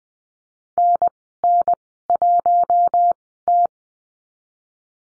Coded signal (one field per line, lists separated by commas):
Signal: Morse code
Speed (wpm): 20 wpm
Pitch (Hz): 700 Hz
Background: none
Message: N N 1 T